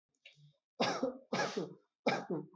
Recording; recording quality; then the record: heavy voluntary cough; excellent, no background noise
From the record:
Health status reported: respiratory illness, not identified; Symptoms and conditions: asthma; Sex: male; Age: 20 years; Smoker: not ticked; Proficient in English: yes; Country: India